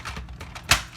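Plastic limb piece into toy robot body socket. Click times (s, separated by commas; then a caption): 0.7 s. A plastic limb section of a Transformers Revenge of the Fallen Devastator combining robot toy is pushed into its socket on the assembled body. Soft plastic rubbing and light taps around 0.1, 0.3 and 0.4 seconds lead up to a sharp, loud click at 0.7 seconds as the limb seats firmly in place.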